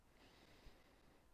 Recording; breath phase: one breath near a microphone; inhalation